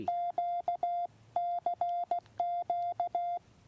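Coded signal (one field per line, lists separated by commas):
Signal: Morse code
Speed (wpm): 16 wpm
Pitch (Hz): 700 Hz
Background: none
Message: QCQ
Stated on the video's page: Woods QRP CW with the YouKits HB-1B transceiver and MFJ-971 portable tuner, first QSO on this rig; full QSK break-in.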